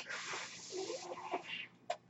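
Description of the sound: A steady breathy hiss of moving air runs for about a second and a half with faint tonal whirring, then fades, followed by a short sharp tick. This is the airflow noise of a home mechanical ventilator delivering a breath.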